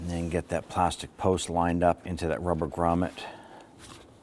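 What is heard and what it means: On a 2011–2021 Jeep Grand Cherokee 3.6L V6, the engine air box's plastic post is being lined up with a rubber grommet while someone talks for most of the clip, followed by a quieter stretch of faint handling. Nothing has seated or clicked yet; the post has not been pushed down into the grommet.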